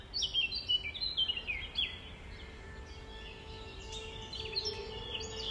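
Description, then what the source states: Nightingale singing rapid, jumbled whistles and chirps, phrases tumbling over each other, plus a faint low steady hum beneath the birdsong. At dawn on 5 May 2020, around 05:33.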